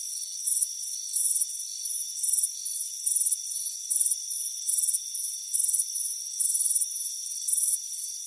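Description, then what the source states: Rapid shrill cricket chirping, bursts arriving close together, above a constant high drone. Warm afternoon on a front porch.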